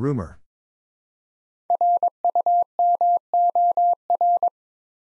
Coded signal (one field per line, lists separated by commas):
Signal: Morse code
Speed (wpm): 22 wpm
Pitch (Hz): 700 Hz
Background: none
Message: RUMOR